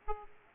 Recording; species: mosquito wingbeat signal from an infrared sensor; Aedes aegypti